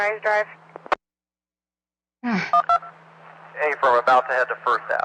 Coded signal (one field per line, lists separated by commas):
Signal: DTMF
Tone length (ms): 80 ms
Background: speech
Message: 122